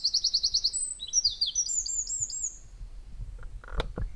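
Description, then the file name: Eurasian wren singing a very high, rapid trill of repeated notes, then quick descending and warbled phrases for about three seconds, followed by a few sharp knocks near the end. "Troglodytes troglodytes"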